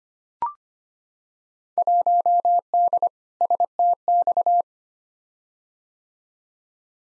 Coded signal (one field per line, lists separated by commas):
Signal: Morse code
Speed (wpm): 25 wpm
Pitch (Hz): 700 Hz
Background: none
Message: 1D STX